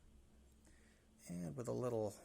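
A copper handle scale is being handled onto the frame of a DNT 3 folding knife, with the lock bar and spring in place. A quiet, low background hum gives way to someone talking from about 1.3 s to the end. Nothing has seated or clicked yet.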